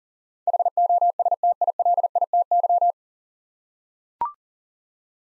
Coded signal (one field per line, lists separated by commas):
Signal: Morse code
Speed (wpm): 37 wpm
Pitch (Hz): 700 Hz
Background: none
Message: HOSTILITY